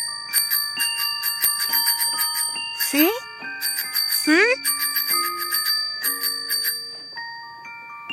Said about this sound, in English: I am in love with my little red tricycle. It has pedals and a seat that has springs and wheels that have spokes that don't speak till they're spoken to. And a little bell that I can ring.